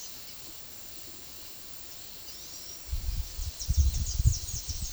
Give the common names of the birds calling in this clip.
Palm Tanager